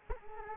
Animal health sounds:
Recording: mosquito wingbeat signal from an infrared sensor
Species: Culex quinquefasciatus

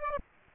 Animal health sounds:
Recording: mosquito wingbeat signal from an infrared sensor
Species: Aedes aegypti

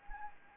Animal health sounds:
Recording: mosquito wingbeat signal from an infrared sensor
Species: Anopheles gambiae

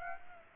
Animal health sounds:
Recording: mosquito wingbeat signal from an infrared sensor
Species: Aedes aegypti

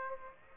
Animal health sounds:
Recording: mosquito wingbeat signal from an infrared sensor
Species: Aedes aegypti

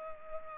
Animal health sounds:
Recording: mosquito wingbeat signal from an infrared sensor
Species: Culex pipiens

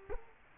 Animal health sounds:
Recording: mosquito wingbeat signal from an infrared sensor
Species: Culex quinquefasciatus

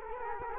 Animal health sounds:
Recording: mosquito wingbeat signal from an infrared sensor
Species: Culex quinquefasciatus

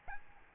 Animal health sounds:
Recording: mosquito wingbeat signal from an infrared sensor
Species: Aedes albopictus

